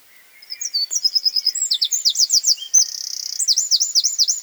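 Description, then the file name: Eurasian wren singing a fast, piercing outpouring of trills, with a steady buzzy rattle near the middle and rolling looped notes at the end. "Troglodytes troglodytes"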